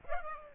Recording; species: mosquito wingbeat signal from an infrared sensor; Aedes aegypti